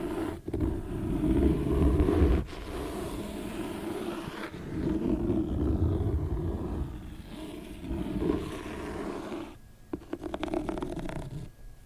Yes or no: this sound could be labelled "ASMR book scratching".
yes